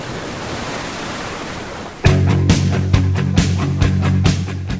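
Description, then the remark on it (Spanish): A steady, hissing roar of sea surf fills the first two seconds, then gives way to music with a low sustained tone and regular percussive hits. “Un recorrido desde el viento en la montaña hasta la espuma del mar.”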